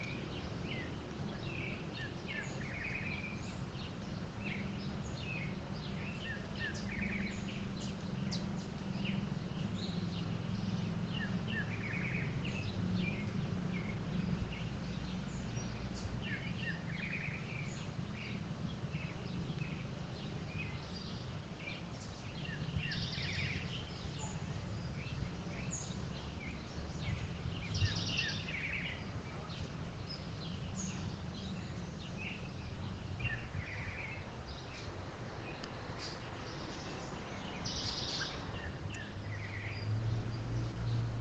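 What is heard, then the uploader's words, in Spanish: Birds chirp and call in a backyard, with short bright tweets scattered throughout and a few louder bursts around the middle and near the end. A steady low hum sits underneath the whole time, keeping the overall level fairly even. Ruth Almada comparte con la audiencia global el sonido de los pájaros en su patio de Santa Rosa Misiones.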